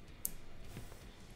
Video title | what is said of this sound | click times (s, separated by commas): L72A8 Automotive Connector Depin and Repin | listen for a click let me move it I'll move closer to the mic here see if y'all can hear it | 0.2 s